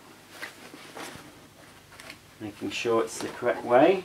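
The plastic dust bag holder of a Hoover Silent Energy cylinder vacuum cleaner is lined up and slid into the bag compartment, checked to be the correct way round before being pushed home. Quiet handling noise runs throughout, with two short sharp ticks at about 2.0 and 2.1 seconds, then someone talks from about 2.4 seconds. Nothing has seated or clicked yet.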